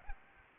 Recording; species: mosquito wingbeat signal from an infrared sensor; Aedes aegypti